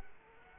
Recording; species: mosquito wingbeat signal from an infrared sensor; Culex quinquefasciatus